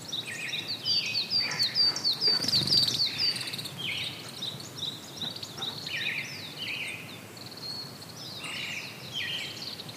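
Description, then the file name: Brown-headed thrush singing short rolling phrases spaced a few seconds apart, with fast, high, repeated chattering notes early on. "akahara"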